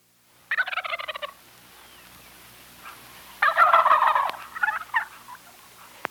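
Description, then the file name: Wild turkey gobbles, two rapid rattling gobbling bursts about three seconds apart, the second louder. "1986-11-26 Wild Turkeys"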